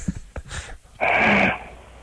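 Adult sleeper with sleep apnea. After a pause in breathing, a loud snore resumes, returning to the regular snoring rhythm.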